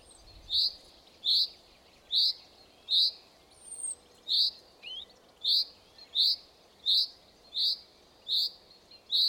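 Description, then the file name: Common chaffinch giving short, sharp metallic call notes repeated steadily about every 0.8 seconds, around twelve in all, with a faint thin high whistle from another bird midway. "Fringilla coelebs"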